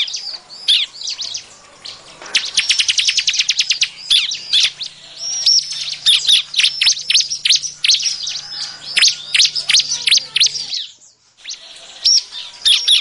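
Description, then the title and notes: Prinia song: quick, bright chirps and trills, with a fast stuttering burst near the start and a short gap near the end. Compilation of ciblek/prenjak song, intended as a master (tutor) recording for training songbirds. "Kompilasi Suara Ciblek Prenjak Cocok Untuk Masteran. Kicau Burung Prenjak Ciblek"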